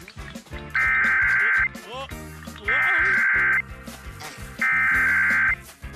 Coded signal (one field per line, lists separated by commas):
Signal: Emergency Alert System (SAME) tones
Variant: header bursts